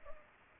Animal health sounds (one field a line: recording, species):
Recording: mosquito wingbeat signal from an infrared sensor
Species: Culex pipiens